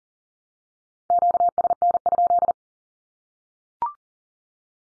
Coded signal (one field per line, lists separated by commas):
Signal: Morse code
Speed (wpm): 37 wpm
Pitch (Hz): 700 Hz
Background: none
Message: QSN?